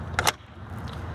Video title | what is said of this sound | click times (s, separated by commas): 2025 Cimarron Norstar Warmblood 2 Horse Straight Load Bumper Pull | lock into place right here on the side of your trailer. | 0.2 s, 0.3 s